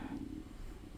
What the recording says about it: I'm not sure if you can hear my stomach. Making a fuck ton of noise. Please excuse my stomach. I haven't eaten.